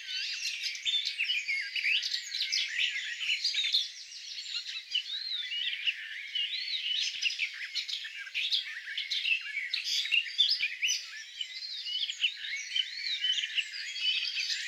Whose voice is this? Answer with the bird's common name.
Garden Warbler